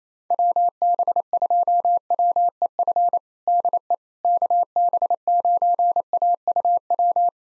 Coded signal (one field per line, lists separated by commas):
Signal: Morse code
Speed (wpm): 28 wpm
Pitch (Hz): 700 Hz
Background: none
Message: WB2WEF DE KB9AUW